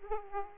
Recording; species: mosquito wingbeat signal from an infrared sensor; Aedes aegypti